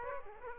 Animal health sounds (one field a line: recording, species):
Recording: mosquito wingbeat signal from an infrared sensor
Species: Aedes aegypti